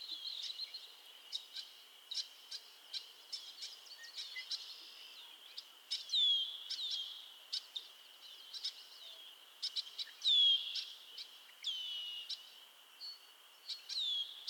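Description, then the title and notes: Frog chorus: dense scattered clicks and chirps over a steady high drone, with occasional downward-sliding whistled notes. Chorus of frogs calling to one another on a summer evening at Miners Marsh, Annapolis Valley, Nova Scotia. "Theraphonia - Frogsong at Miners Marsh. A chorus of frogs croon to one another on an idyllic summer evening in Miners Marsh, Annapolis Valley, Nova Scotia"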